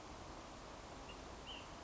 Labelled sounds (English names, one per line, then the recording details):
Ash-throated Flycatcher
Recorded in Sonoma County, California